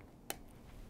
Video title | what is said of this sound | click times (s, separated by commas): Jetson Bolt Pro Cool Accessories (Mirror, Phone Mount, Lights) - Folding Electric Bike From Costco | and there it snaps in place and you can kind of adjust it like however whatever | 0.3 s